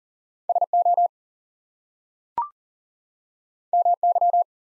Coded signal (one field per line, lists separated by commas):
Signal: Morse code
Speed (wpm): 40 wpm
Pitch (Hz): 700 Hz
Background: none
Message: SO MY